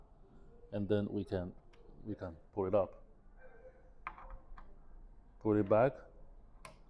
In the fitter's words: and hear a small click.